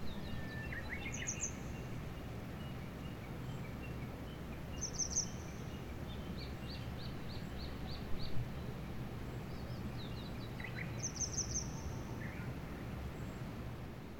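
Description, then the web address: Bird song: faint, high chirps and short trilled phrases scattered throughout, under a steady low rumble of background noise. "yacho koe"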